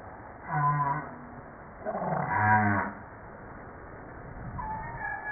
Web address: Humpback